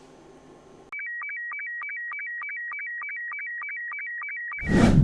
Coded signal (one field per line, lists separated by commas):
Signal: SSTV (slow-scan television)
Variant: Robot 72